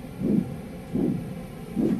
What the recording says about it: This is the sound of my heartbeat. It's being sampled through a new art installation at the UTS Galleries that combines music and biology.